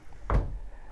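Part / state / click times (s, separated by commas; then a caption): pocket door latching into its frame recess / seated / 0.3 s. A sliding pocket door in a cabin of an Azimut Yachts 68 Fly is slid into its recess in the frame. A single sharp, thudding knock lands at 0.3 s, with a bright midrange edge over low body, before fading into a quiet, steady background. The door latches and locks in place at 0.3 s.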